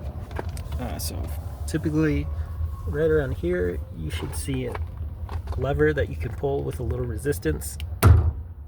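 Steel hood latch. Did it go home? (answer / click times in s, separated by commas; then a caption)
released / 8.0 s. Someone talks while the interior hood release lever of a 2013 Dodge Durango SUV is pulled with a little resistance. At 8.0 s a single loud thunk is heard as the hood's primary latch pops open and releases.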